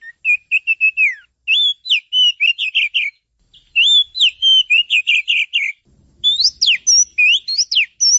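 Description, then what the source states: Oriental magpie-robin song: a fast, varied run of whistled notes with rising and falling sweeps, broken into bursts with short gaps. Champion bird's song.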